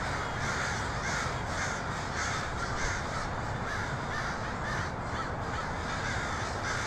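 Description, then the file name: Crow: repeated rasping caws from numerous crows run together evenly throughout, backed by a constant low roar. Crows in Portland on 23 October 2018. "pdx crows 2018-10-23"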